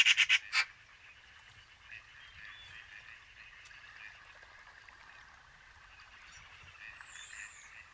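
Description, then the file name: Eurasian magpie giving a quick harsh rattling chatter of four loud bursts at the start, followed by faint birdsong. "Pica pica"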